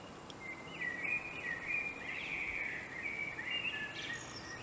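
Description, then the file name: Common blackbird song: one long continuous phrase of mellow, warbled whistles that drifts up and down, closing with a thin, high squeak. "Turdus merula"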